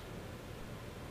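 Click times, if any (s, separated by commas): none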